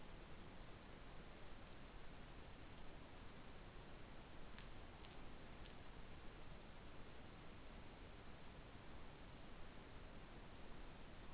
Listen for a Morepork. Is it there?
no